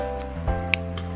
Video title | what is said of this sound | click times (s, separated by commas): ONCOLOUR MATTE LIPSTICK ORIFLAME | klik jadi Mercure kalau kita lagi nutup lipstik itu harus bunyi | 0.7 s